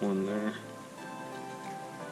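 Someone talks while handling the second twist lock on an Alien Gear Shape Shift modular holster, which fastens the polymer half shell onto the holster backing. The clip ends before the lock is turned home, so nothing has clicked or seated yet.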